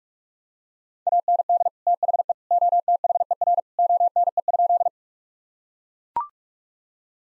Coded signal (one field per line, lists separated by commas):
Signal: Morse code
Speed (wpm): 42 wpm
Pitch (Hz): 700 Hz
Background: none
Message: AND THE OTHER ONE?